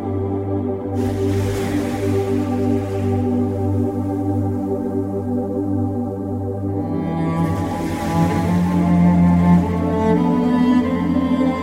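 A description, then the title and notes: Piano plays sustained, ringing chords built on a deep, steady bass that holds throughout. Around the second second and again near the eighth, a brighter shimmering wash rises over the notes, and the second passage grows slightly fuller and louder before easing. Beautiful Piano.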